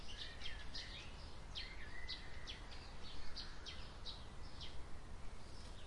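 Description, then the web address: Birds chirping with a scattering of sharp high notes and short downslurred calls, spread evenly over a low steady background rumble. Summer birds on a quiet day. "il suono degli uccelli estivi in una giornata tranquilla"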